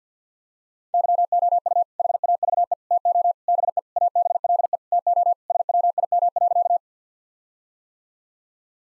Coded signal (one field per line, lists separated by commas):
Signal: Morse code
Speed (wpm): 50 wpm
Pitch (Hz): 700 Hz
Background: none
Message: YOU HAVE TO BE ABLE TO SWIM.